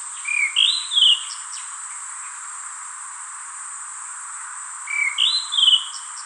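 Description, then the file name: Abyssinian ground thrush singing sweet whistled phrases that rise and then break into a brief trill. Two phrases come a few seconds apart, with a constant background hiss. "James Bradley - Golosistyj drozd Zoothera piaggiae"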